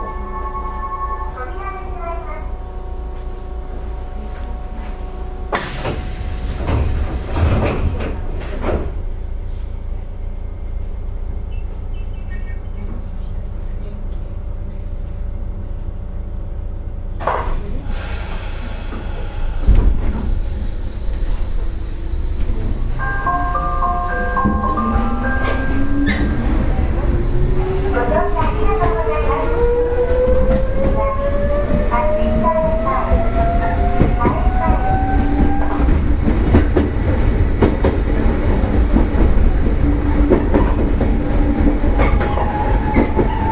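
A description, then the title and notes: Interior running sound of an electric commuter train: a steady low rumble throughout, with a few sharp clattering bursts near 6 and 17 seconds. From about 20 seconds the motor whine rises steadily in pitch as the train accelerates, over the louder rolling rumble. 西鉄600系 貝塚線 新宮から貝塚まで. 西日本鉄道６００系電車の走行音です。 貝塚線で録音しました。 It is a running sound of a series train of Nishinippon Railway 600 series.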